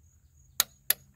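A torque wrench tightens an oil drain plug or filter cap on the 2.7L turbo engine of a Ford Bronco Outer Banks, giving two more sharp clicks at 0.6 s and 0.9 s on the already torqued fastener over a faint, steady high-pitched tone. The clicks confirm that the fastener is at torque.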